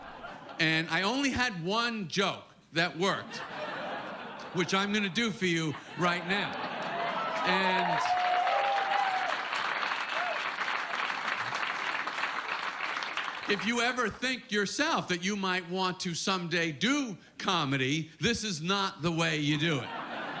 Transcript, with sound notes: And I only had one joke that worked...
(LAUGHTER)
...Which I'm going to do for you right now.
(APPLAUSE)
And if you ever think yourself that you might want to someday do comedy, this is not the way you do it.